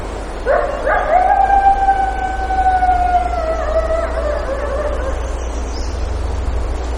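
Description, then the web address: Coyote giving one long howl that swoops upward, holds a steady tone, then slowly sags lower before fading, over a low rumbling background. Lake Clark, Alaska; 3 July 2018. "alaska acoustic highlights MAMMALS LACLCHBA 20180703 Coyotes"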